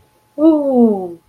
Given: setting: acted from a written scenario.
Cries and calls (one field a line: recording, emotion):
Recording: vocal sound without words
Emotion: contentment